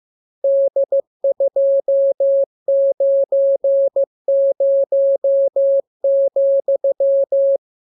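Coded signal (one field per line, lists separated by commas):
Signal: Morse code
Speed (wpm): 15 wpm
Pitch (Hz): 550 Hz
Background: music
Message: D290,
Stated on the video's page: Morse lesson 39 for receiving letters, numbers, punctuation and amateur radio Q-code; each radiogram begins with VVV and a section sign and ends with AR.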